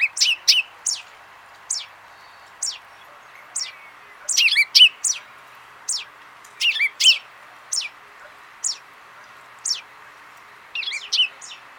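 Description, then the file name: Common chaffinch giving sharp, high, downward-flicking call notes repeated roughly every half second to one second, sometimes doubled into quick chirpy pairs. "Fringilla coelebs"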